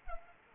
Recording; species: mosquito wingbeat signal from an infrared sensor; Culex pipiens